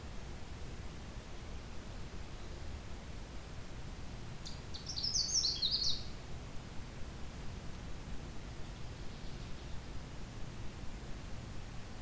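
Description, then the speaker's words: Canada warbler: a single hurried, sputtering song of high chips and slurred notes near the middle, otherwise steady low-pitched background noise throughout. On territory in late June, along a trail through a swamp with aspen, birch and cedars. "Since it is late June, I can guarantee this is on territory."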